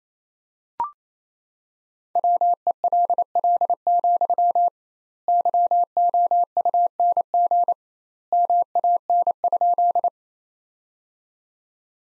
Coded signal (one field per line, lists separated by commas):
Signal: Morse code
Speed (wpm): 27 wpm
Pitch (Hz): 700 Hz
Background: none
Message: WELL, YOUNG MAN?